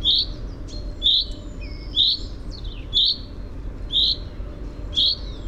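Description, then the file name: Common chaffinch calling: a short, sharp high note repeated about once a second, steady and clear. "Fringilla coelebs"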